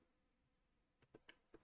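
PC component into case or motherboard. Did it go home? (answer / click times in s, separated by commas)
no / none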